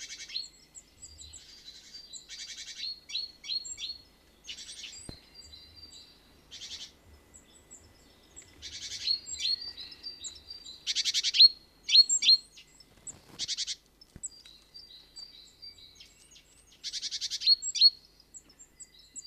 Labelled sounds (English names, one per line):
Great Tit call